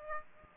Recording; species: mosquito wingbeat signal from an infrared sensor; Aedes aegypti